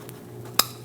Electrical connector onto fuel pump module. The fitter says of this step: Push until you hear a click.